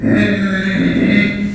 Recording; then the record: squeal of a Yucatan mini pig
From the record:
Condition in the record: after surgery on the right vocal fold (resection and tissue-engineered implant); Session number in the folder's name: 4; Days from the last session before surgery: 26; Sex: female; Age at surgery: 19 weeks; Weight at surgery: 25 kg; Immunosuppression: prednisolone